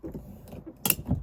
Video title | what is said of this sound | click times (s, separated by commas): Molly Campervan - Operating instructions | to the next click to open a bit more | 0.9 s